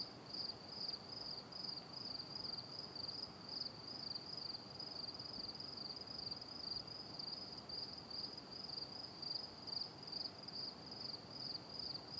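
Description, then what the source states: Cricket chirps, shrill and pulsed, repeating roughly twice each second throughout. Calm night-time nature ambience.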